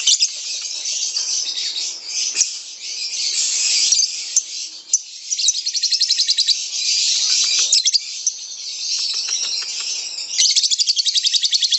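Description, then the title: Lovebird song: dense, scratchy high chattering broken by bursts of rapid trilled notes and a few sharp clicks. Bird training sounds (masteran) for lovebirds. "MASTERAN BURUNG 2. LoveBird"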